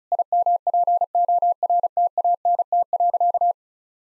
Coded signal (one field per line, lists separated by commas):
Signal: Morse code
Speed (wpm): 34 wpm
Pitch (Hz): 700 Hz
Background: none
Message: IMPORTANT.